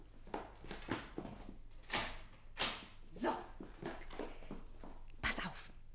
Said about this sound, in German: Und wenn jemand kommt? Ach, die Tür.